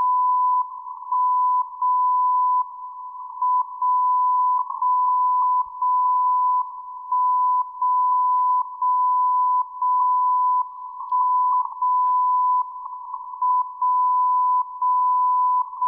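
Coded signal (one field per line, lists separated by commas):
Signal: radio time signal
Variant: WWVB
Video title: Airspy HF+ Discovery SDR with YouLoop Passive Loop Antenna WWVB @ 60 kHz from Fort Collins Colorado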